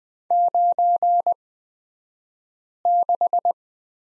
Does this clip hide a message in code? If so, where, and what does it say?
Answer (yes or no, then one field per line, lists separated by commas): yes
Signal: Morse code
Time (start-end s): 0.3-3.5 s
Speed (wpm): 20 wpm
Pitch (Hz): 700 Hz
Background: none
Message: 96